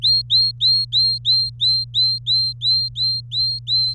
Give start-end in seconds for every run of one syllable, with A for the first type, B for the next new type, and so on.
0.02-3.94 A